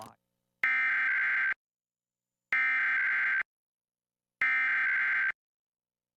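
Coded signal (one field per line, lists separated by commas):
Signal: Emergency Alert System (SAME) tones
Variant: header bursts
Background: speech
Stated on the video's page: Required Monthly Test EAS tones.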